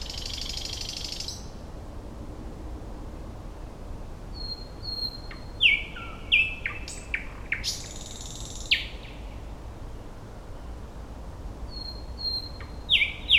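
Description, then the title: Thrush Nightingale singing in short phrases: a dry rasping burst, whistled notes, loud chock-like clicks and a harsh churr, with pauses between phrases and faint hiss throughout. "Nightingale (Luscinia luscinia)"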